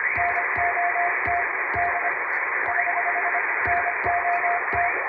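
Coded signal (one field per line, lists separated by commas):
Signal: Morse code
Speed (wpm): 25 wpm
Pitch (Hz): 700 Hz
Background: radio noise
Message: NOT D <HH> NOT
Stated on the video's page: Morse sent by hand on an MK-706 electronic keyer as live receiving practice for radio operator exams.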